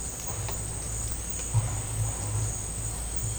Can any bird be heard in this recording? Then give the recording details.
no. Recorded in dense forest near Puerto Asís, Putumayo, Colombia, on 26 December 2024 at 12:00. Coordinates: 0.468, -76.322. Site G071